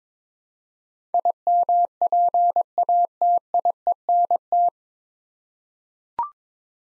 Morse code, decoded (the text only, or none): IMPATIENT